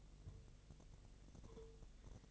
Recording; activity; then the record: daily activity, microphone in the room; take from stove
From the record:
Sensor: 4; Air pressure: 1000.2 hPa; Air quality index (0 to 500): 222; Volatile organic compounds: 26 ppm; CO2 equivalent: 2872 ppm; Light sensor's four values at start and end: 9/20/8/8 and 9/20/8/7